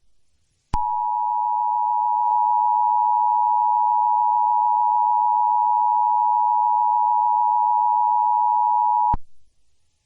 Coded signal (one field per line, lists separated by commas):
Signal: Emergency Alert System (SAME) tones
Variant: 853 and 960 Hz attention tone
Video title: EAS Scenario | DONT LOOK AT THE SKY |